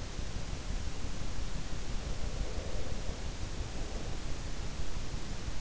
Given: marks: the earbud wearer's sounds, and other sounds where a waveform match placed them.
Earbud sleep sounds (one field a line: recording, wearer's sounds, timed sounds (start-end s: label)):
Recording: sounds in sleep by an in-ear microphone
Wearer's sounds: breath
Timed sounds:
1.66-4.44 s: breath